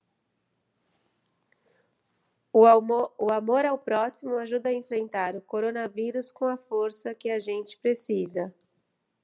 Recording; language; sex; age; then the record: spoken sentence; Brazilian Portuguese; female; 40 to 49 years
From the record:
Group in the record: control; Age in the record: 48 years